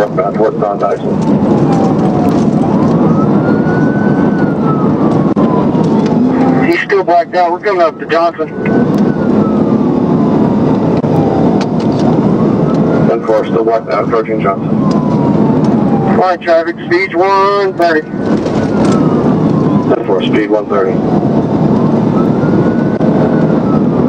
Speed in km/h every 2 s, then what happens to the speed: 140, 122, 119, 126, 130, 142, 135, 132, 130, 130, 143, 143.
0-4 brakes to 119. 4-10 speeds up to 142. 10-18 slows to 130. 18-20 speeds up to 143.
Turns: none.